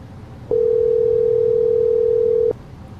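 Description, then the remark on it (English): A telephone dial tone after the caller hangs up: one steady, mid-pitched electronic hum that starts abruptly, holds unchanged for about two seconds, then cuts off, over a faint low background rumble. “So I hung up, and I will never answer a telephone again in my entire life.”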